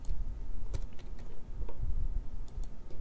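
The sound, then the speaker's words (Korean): A few sharp key clicks tapped out at an uneven pace, a short burst of typing the code 015 on a computer keyboard to bring up a KOSPI sector chart, over a low background hum, with no one speaking. “015 한번 쳐봐주세요.”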